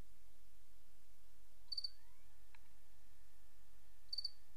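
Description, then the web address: Cricket, two high triple-pulsed chirps roughly two and a half seconds apart, amid constant hiss, with a rising sweeping tone and faint steady tone between them. Recorded 28 August 2007. "white-noise Crickets 28 aug 07"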